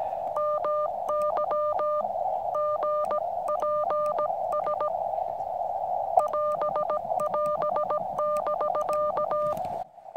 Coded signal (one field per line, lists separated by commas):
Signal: Morse code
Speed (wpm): 17 wpm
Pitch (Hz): 600 Hz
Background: none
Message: MY GPS <AS><AS> <BK>